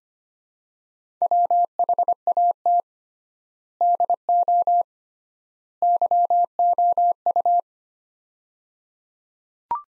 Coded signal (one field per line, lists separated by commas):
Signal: Morse code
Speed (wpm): 25 wpm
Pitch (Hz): 700 Hz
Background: none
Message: WHAT DO YOU